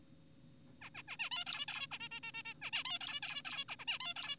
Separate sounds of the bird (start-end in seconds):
0.82-0.90, 0.95-1.03, 1.08-1.17, 1.20-1.30, 1.32-1.44, 1.47-1.66, 1.68-1.87, 1.92-1.99, 2.00-2.09, 2.12-2.20, 2.23-2.32, 2.34-2.43, 2.46-2.54, 2.62-2.70, 2.73-2.84, 2.85-2.99, 3.01-3.20, 3.23-3.42, 3.45-3.64, 3.69-3.76, 3.80-3.85, 3.88-3.99, 4.00-4.14, 4.16-4.36